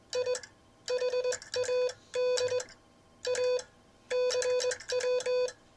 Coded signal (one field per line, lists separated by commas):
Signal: Morse code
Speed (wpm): 21 wpm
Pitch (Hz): 500 Hz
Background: none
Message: I HAD A CW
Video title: Ships That Pass #Morse code #Vibroplex